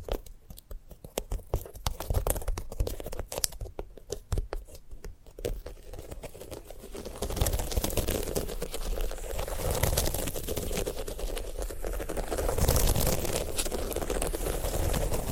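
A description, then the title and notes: Sunflower head being handled, with quick dry crackles and scratchy snaps packed densely in the first six seconds. After about seven seconds the sound turns into a fuller, steadier rustling and rubbing that grows louder, with bursts around ten and thirteen seconds. ASMR of a Sunflower Head (No Talking).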